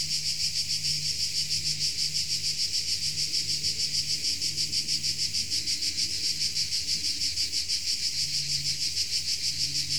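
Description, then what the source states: Insect chorus of shrill pulsed buzzing, about three beats per second, over an intermittent low droning hum. Insects in Tuscany.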